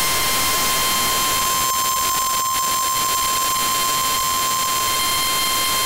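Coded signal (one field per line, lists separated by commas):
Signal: Emergency Alert System (SAME) tones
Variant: 1050 Hz attention tone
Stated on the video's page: NOAA Weather Radio required weekly test from the Seattle area, with EAS header tones, attention tone and end-of-message tones.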